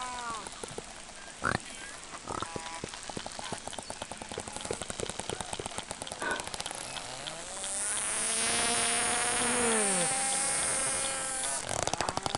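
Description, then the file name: Risso's dolphin sounds: buzzing click trains with a few sharp pulses, then sliding tonal whistles later on. Monterey, 17 May 2005; played at half speed. "Monterey Rissos 17 may 2005 Half Spd"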